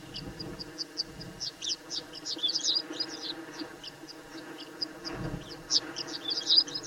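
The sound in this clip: Pipit calls: short, thin, high notes repeated irregularly, with a few clustered in quick bursts, over a steady low hum and background noise.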